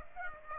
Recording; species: mosquito wingbeat signal from an infrared sensor; Aedes aegypti